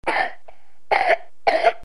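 Three short, harsh cough bursts from a child in quick succession over about two seconds, the first followed by a brief catch of breath, with a quiet room behind them.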